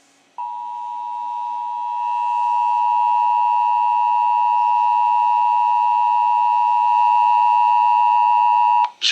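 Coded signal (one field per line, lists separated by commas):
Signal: Emergency Alert System (SAME) tones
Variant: 853 and 960 Hz attention tone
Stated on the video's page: Nationwide FEMA EAS test.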